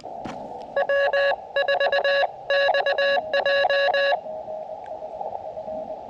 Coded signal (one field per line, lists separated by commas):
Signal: Morse code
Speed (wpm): 20 wpm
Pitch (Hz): 1700 Hz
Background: radio noise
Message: W4XJ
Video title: CW QRP POTA with the Elecraft KX2 and Tufteln Random Wire Antenna